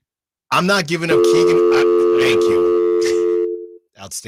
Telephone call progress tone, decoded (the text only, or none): dial tone